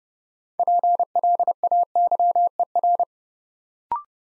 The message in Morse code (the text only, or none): PLAYER